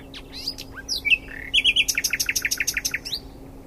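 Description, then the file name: Common nightingale song opening with scattered whistles and slurred notes, then a rapid, even series of loud chirping notes repeated many times. "Luscinia megarhynchos"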